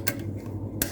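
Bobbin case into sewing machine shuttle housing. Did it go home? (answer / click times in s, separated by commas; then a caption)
yes / 0.8 s. A loaded bobbin case is pushed into its metal housing under the sewing machine bed. A short click at 0.8 s marks it latching, so it is seated and ready. An earlier sharp tick comes at 0.1 s, with steady low hum throughout.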